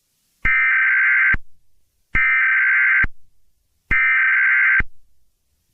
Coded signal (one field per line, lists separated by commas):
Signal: Emergency Alert System (SAME) tones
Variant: header bursts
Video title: Specimen 9: An EAS Scenario in the US #easscenario #spookyjumpscaremansion